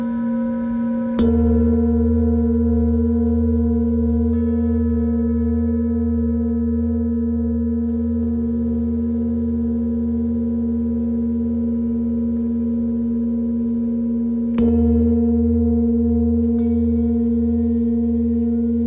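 A singing bowl is struck twice, near the start and again around fifteen seconds in, each strike followed by a long, steady ringing tone that barely fades. A low, even rumble sits underneath throughout, unchanging.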